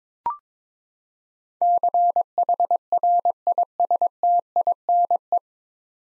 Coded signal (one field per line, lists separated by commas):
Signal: Morse code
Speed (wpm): 22 wpm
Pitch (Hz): 700 Hz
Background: none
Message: CHRISTINE